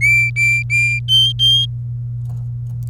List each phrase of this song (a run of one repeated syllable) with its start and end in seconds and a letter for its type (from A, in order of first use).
0.01-1.66 A